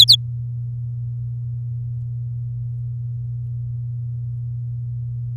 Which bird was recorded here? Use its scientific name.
Serinus canaria